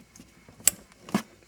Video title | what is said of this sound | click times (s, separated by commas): Air suspension compressor change 2003 Grand Marquis | okay this should plug in snaps right in position | 0.7 s